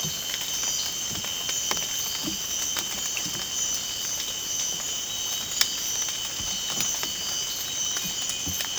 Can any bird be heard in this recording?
no